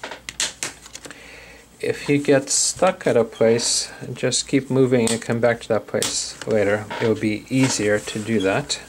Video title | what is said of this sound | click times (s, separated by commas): Dell Inspiron 15-3531 Laptop Screen Replacement Procedure | that means the screen is snapping off | 0.3 s, 0.4 s, 0.6 s